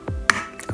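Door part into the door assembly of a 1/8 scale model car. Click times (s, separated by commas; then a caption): 0.3 s. A part is pressed into the door assembly of a 1/8 scale Jaguar E-Type model car and clips into place with one sharp, bright click at 0.3 s. Softer low thumps of handling come before and after. The part is seated.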